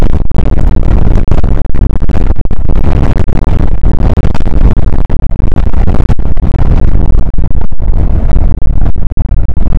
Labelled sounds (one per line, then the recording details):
wind
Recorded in the Prudhoe Bay oil fields, Alaska, on 2 August 2019 at 01:33
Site 29